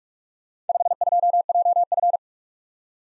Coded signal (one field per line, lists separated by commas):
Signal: Morse code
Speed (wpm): 43 wpm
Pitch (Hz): 700 Hz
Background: none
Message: 52JF